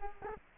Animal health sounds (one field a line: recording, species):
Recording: mosquito wingbeat signal from an infrared sensor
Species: Culex quinquefasciatus